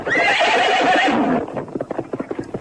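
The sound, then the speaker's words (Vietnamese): A horse, jabbed in the rump with a sword, lets out a long, loud, wavering whinny lasting over a second, followed by a rapid, rhythmic clatter of hooves as it breaks into a gallop. “Con ngựa hí một tiếng dài, phi như bay.”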